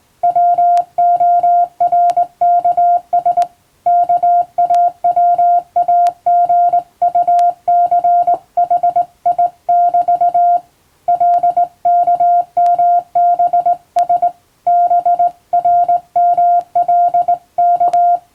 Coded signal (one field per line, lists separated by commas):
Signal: Morse code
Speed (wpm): 19 wpm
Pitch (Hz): 700 Hz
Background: music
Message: WORKS KAWAGUCHI<BT> LKMBS BRMLK